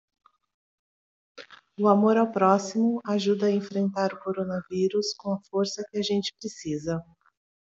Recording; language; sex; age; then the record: spoken sentence; Brazilian Portuguese; female; 40 to 49 years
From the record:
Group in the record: control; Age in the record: 48 years